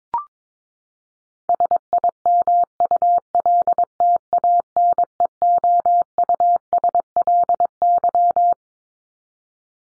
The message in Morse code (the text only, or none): SIMULTANEOUSLY